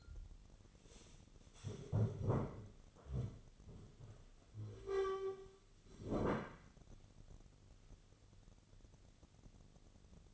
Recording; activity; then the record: daily activity, microphone in the room; stand up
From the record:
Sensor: 4